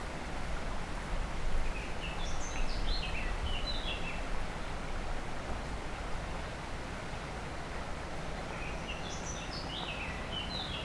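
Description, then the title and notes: Warbler song, two short twittered phrases several seconds apart, separated by quiet, over steady low background noise. Near the Sierroz river, allée Marcel Mailly, Aix-les-Bains, France; warblers singing without competition at this time of year; river level very low. "3 Rue des Pélicans, 73100 Aix-les-Bains, France - Fauvettes. Près du Sierroz allée Marcel Mailly , les fauvettes sont sans concurrence à cette époque , le niveau du Sierroz est très bas "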